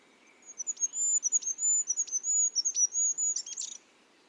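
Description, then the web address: Bird uttering a string of piercing high whistles punctuated by short descending flicks, finishing with a brief scratchy flourish. "Bird Only"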